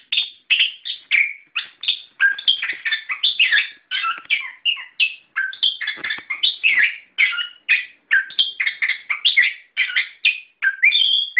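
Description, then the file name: Songbird song, dense and continuous, packed with chattering chirps and mixed whistled notes with hardly a break. Masteran song for training cage birds. "ak-masteran -omkicau"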